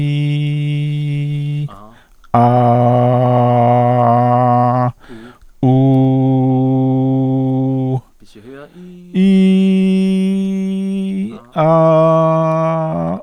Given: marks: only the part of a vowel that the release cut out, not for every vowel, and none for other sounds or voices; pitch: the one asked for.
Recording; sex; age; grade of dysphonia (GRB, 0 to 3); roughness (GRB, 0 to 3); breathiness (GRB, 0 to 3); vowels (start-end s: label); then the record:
sustained vowels; male; 60 to 69 years; 2; 2; 1
0.00-1.46 s: vowel /i/, normal pitch
2.61-4.55 s: vowel /a/, normal pitch
5.84-7.77 s: vowel /u/, normal pitch
9.22-11.07 s: vowel /i/, high pitch
11.63-13.02 s: vowel /a/, high pitch
From the record:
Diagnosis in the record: intubation granuloma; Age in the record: 65 years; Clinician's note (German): Klein, hinteres Drittel links, Stimmlippen soweit o.k.